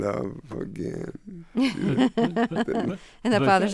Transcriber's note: soundbite of laughter